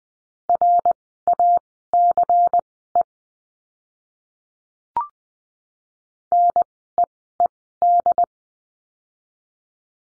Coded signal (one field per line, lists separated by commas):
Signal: Morse code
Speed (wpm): 20 wpm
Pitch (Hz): 700 Hz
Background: none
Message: RACE NEED